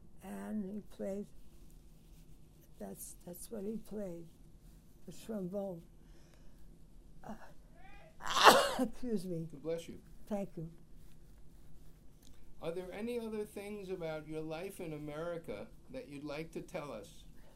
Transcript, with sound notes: and he played — that — that's what he played, the trombone. [sneezes] Excuse me.
Bless you.
Thank you.
Are there any other things about your life in America that you'd like to tell us?